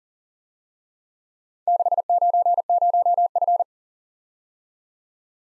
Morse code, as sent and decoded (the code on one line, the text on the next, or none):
-.... ----. ----- ..-.
690F